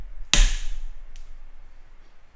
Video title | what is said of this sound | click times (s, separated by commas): Prusa MK3 Assembly Part 3 of 3 - Completed! | it sounded like it broke but it didn't it just snapped into place very violently | 0.3 s